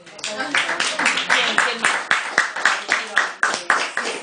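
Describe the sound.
A group of people applauds a person who translated the reading material for a class, with steady, rhythmic claps that blend into a continuous patter, moderately loud throughout the few seconds, with some murmuring voices mixed in.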